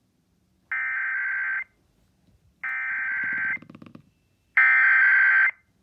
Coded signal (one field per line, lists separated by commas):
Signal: Emergency Alert System (SAME) tones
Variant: header bursts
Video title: Required Weekly Test On KSDP 830 2/9/22 (EAS #1048)